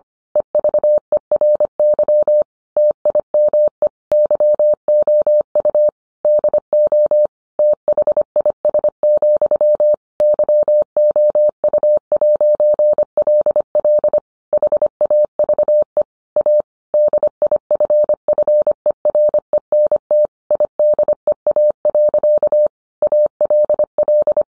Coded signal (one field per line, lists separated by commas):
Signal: Morse code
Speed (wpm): 25 wpm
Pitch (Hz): 600 Hz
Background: none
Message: EVERY TIME YOU DO THIS, YOU'LL HAVE A DIFFERENT IDEA. ALL